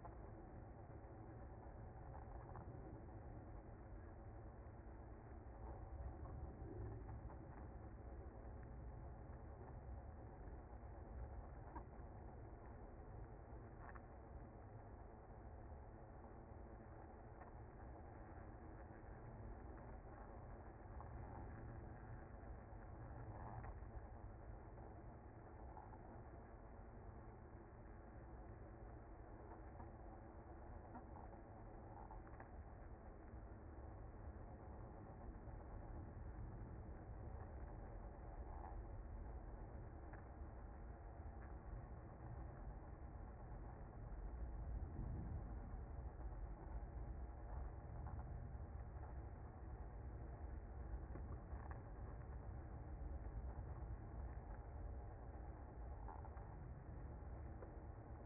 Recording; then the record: honeybee colony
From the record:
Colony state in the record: active